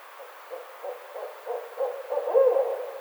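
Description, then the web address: Barred owl hooting: a run of low, evenly spaced hoots, ending in a longer, wavering hoot. Recorded on 29 May 2009. "Barred Owl 2009 05 29"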